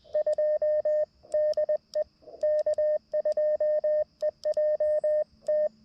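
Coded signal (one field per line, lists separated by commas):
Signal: Morse code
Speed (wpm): 20 wpm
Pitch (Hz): 610 Hz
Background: radio noise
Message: 2 DE K2EJT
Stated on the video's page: QRP CW Parks on the Air activation with an LNR Precision MTR-4B, using 66 feet of wire in a tree.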